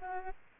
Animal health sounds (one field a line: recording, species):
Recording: mosquito wingbeat signal from an infrared sensor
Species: Aedes albopictus